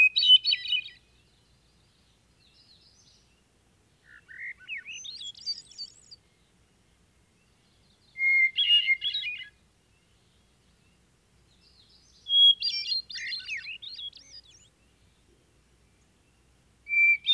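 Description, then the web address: Thrush song of short, varied phrases, each mixing clear whistles and rapid twittering notes, separated by pauses of a few seconds; otherwise quiet. Heard at night. "A Guide to Night Sounds. Thrushes"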